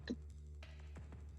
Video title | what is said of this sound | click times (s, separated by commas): The Hunt Is Over - Transformers Go Hunter Optimus Prime (in Black) | and should click into place. | 0.1 s